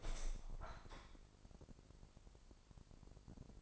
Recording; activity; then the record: daily activity, microphone in the room; open window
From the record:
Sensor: 5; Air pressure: 999.9 hPa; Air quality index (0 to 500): 245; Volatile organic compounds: 33 ppm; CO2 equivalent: 3012 ppm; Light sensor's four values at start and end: 34/80/32/31 and 34/80/32/31